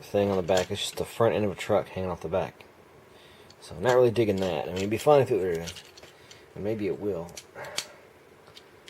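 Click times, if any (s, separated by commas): 8.9 s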